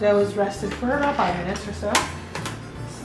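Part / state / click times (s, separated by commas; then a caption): tilting mixer head into the stand mixer base lock / seated / 2.3 s, 2.5 s. Someone talks as the cast aluminum tilt head of a Millertech battery-powered stand mixer, with the dough hook fitted, is lowered over the bowl into the base lock. Two quick clicks sound at 2.4 s and 2.5 s as the head locks down and seats in place.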